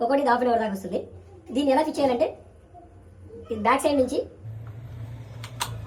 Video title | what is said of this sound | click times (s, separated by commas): Gun #solar cleaning gun#Car wash gun#Multipurpose gun#YouTube short video viral#Trending video# | lock వస్తుంది. | 5.6 s